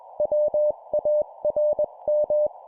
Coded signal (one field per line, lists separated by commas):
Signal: Morse code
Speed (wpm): 21 wpm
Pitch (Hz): 600 Hz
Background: none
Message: WARM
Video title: 20wpm CW CQ QSO Operation Sample, CW morse code